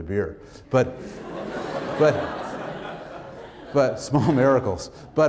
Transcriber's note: laughter